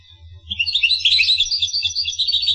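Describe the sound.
Finch twittering: dense, jumbled high chirps begin about half a second in and run to the end, against a low steady hum.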